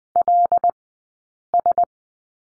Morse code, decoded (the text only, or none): LS